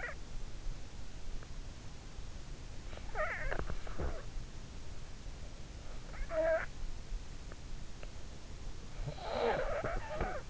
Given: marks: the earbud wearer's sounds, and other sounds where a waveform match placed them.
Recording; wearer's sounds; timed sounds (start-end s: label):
sounds in sleep by an in-ear microphone; snoring breath, teeth grinding
0.00-0.35 s: snoring breath
3.02-4.29 s: snoring breath
3.54-4.03 s: teeth grinding
6.25-6.80 s: snoring breath
8.98-10.50 s: snoring breath
9.79-10.21 s: teeth grinding